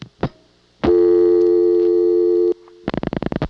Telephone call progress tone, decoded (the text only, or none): dial tone